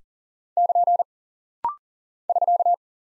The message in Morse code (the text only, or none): <KN> <SK>